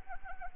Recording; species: mosquito wingbeat signal from an infrared sensor; Anopheles arabiensis